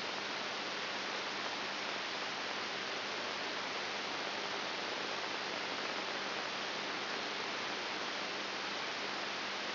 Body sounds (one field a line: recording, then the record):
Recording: brain microelectrode recording played as sound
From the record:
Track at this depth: outside the subthalamic nucleus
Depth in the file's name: 7.3 mm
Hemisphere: left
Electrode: 3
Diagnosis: Parkinson's disease